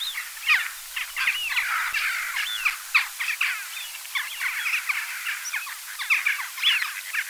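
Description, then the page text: Western Jackdaws calling together, a steady mass of clipped, harsh chatter with louder individual calls popping out throughout. "Western Jackdaw and Eurasian Wigeon Soundscape. Quick Sounds"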